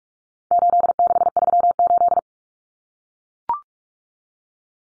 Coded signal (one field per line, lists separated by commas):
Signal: Morse code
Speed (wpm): 44 wpm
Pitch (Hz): 700 Hz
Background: none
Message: 8638